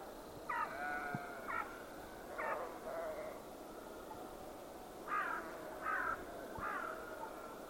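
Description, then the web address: Bird uttering rough, grating calls in loose groups, fairly faint against a constant hissing background noise. "cianscape. Deverinetal 2025. Bird Only"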